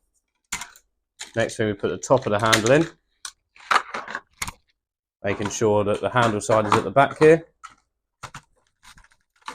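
Someone talks while fitting the top handle section of a Bona Premium Spray Mop into the mop pole, with the handle side at the back. Short, sharp handling knocks and taps come between and after the speech. The top section is being handled but nothing has seated or clicked yet.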